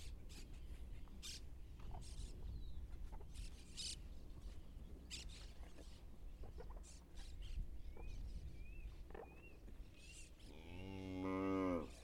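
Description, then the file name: Cow making irregular crunching, clicking chewing sounds, with a few faint high chirps from birds. A low moo comes near the end. Cows ruminating. "Cow Ruminating Vacas Rumeando"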